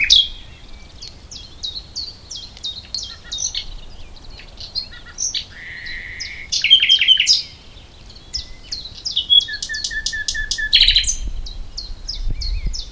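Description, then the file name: Common nightingale song with varied phrases: quick repeated notes, short rattling trills and a run of lower repeated notes. "Luscinia megarhynchos"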